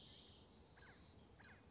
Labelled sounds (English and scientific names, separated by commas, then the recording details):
Blue-gray Gnatcatcher (Polioptila caerulea)
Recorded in Sonoma County, California